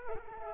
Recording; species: mosquito wingbeat signal from an infrared sensor; Culex quinquefasciatus